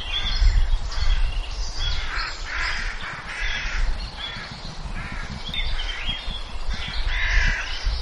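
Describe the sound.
Bird giving harsh, raspy caw-like calls in irregular bursts over a constant deep rumble of background noise.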